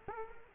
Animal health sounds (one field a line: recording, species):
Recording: mosquito wingbeat signal from an infrared sensor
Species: Culex quinquefasciatus